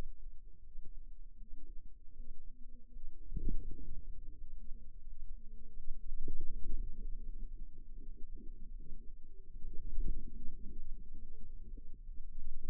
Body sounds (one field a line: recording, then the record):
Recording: forearm muscle sounds (acoustic myography)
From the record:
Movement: radial deviation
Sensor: system 2, bracelet of six BSWA MPA416 microphones around the upper forearm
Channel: 3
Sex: female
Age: 23 years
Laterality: right